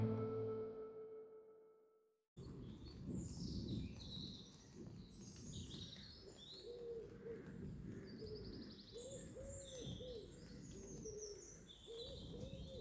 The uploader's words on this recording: After The Rain In Bishop Wood. The woods were warm and saturated. The dripping water was falling from the trees where I first paused to listen to the silence near to a group of Oaks.